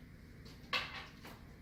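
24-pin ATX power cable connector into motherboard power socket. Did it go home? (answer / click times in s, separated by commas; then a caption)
no / none. A 24-pin ATX power cable connector is handled at the motherboard power socket, making a faint rustle near 0.5 s, a sharper broadband scrape at about 0.7 s that fades by 1.1 s, and a light touch near 1.3 s. The connector has not seated or clicked into the socket yet.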